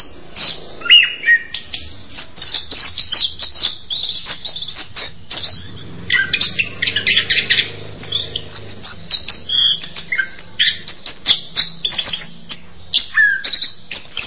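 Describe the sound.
Bird chattering busily with dense chirps and high notes in repeated bursts, a low hum underneath.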